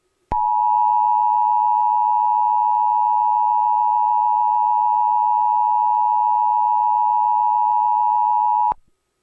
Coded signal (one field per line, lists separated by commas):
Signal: Emergency Alert System (SAME) tones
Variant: 853 and 960 Hz attention tone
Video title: World Emergency Alert System Part 1